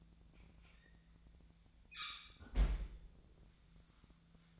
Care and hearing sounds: daily activity, microphone in the room; close fridge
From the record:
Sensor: 3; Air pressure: 1009.6 hPa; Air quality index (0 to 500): 192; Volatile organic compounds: 15 ppm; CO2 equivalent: 2504 ppm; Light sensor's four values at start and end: 38/93/40/43 and 38/94/40/43

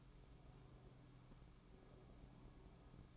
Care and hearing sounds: daily activity, microphone in the room; take from stove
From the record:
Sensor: 1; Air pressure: 1008.1 hPa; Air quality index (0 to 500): 134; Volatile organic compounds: 2 ppm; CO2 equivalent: 1129 ppm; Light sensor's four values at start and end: 8/19/7/8 and 8/19/7/8

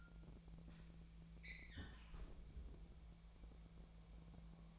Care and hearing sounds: daily activity, microphone in the room; close fridge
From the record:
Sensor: 1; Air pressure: 1000.0 hPa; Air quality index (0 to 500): 136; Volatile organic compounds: 2 ppm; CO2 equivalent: 1286 ppm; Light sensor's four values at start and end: 32/80/33/41 and 32/80/33/41

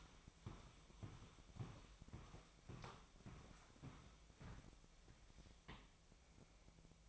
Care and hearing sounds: daily activity, microphone in the room; walk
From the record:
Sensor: 1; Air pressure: 1001.7 hPa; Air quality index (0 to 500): 222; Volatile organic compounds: 30 ppm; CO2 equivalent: 2968 ppm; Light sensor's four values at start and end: 9/33/12/14 and 10/34/12/14

